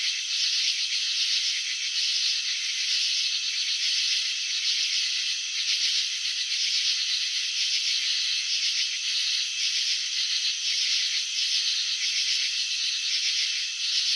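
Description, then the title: Crickets chirping in a dense, rasping high-pitched drone with rapid pulsing texture throughout, no other sounds. Crickets chirping, presented in a slow-motion video. "Crickets in Slow Motion 📷. Capturing the Elegance of Chirping"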